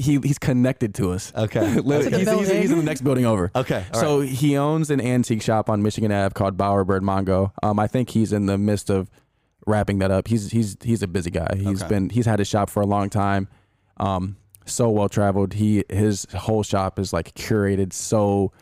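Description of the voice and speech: Low-pitched adult male conversational speech with repeated words and stretched sounds: mild stuttering disfluencies within otherwise fluent speech, in a man who has stuttered his whole life, sometimes badly, sometimes unnoticeably.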